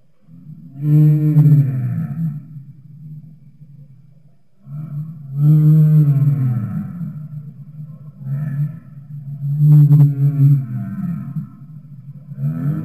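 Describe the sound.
Humpback whale song: deep droning moans with arching upsweeps, repeated in loud phrases roughly every four seconds, low rumble between.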